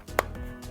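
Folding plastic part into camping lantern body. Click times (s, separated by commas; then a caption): 0.2 s. A folding plastic part of a Stoke Voltaics Pylon LED camping lantern, damaged when the lantern was dropped, is pushed back into the lantern body. It gives a sharp plastic click at 0.2 s, followed by a faint low knock around 0.35 s. The part does not seat all the way and no longer closes flat, unlike an undamaged one.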